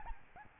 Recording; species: mosquito wingbeat signal from an infrared sensor; Aedes albopictus